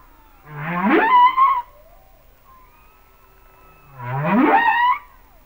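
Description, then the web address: Humpback whale song units, two loud upswept calls rising from deep to a wavering high note, separated by quieter faint tones. "Whale Songs Sounds of Nature - Humpback Whales"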